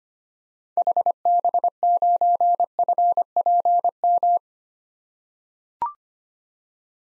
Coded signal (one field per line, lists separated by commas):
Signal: Morse code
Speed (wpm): 25 wpm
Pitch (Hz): 700 Hz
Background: none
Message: HB9FPM